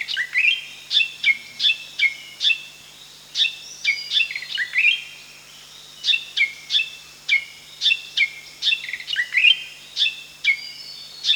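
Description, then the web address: Spotted fantail producing a rapid series of bright, sharp high notes, each dropping slightly in pitch, with a few brief pauses and an uneven, lively rhythm. Recorded at Danum on 1 July 2008. "DANUM 20080701. spotted fantail"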